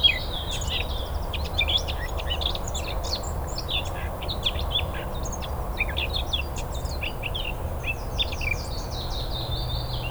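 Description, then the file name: Eurasian blackcap song, a busy stream of quick, high chirping and warbling notes over a constant low rumble of background noise. "Sylvia atricapilla"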